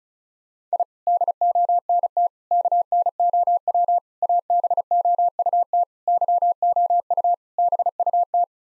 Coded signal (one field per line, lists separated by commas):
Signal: Morse code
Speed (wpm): 36 wpm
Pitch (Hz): 700 Hz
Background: none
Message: I DONT KNOW ABOUT YOU BUT